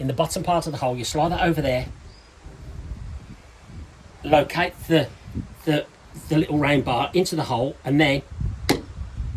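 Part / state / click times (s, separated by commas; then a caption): wiper blade into wiper arm / seated / 8.7 s. A wiper blade's plastic adapter is slid onto the wiper arm of a Citroen Berlingo, with the little round bar located in the bottom hole. Someone talks, and then the blade is pushed until it clicks into place with a sharp click at 8.7 seconds, seating the blade on the arm.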